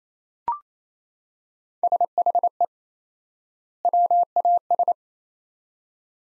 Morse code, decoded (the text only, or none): SHE WAS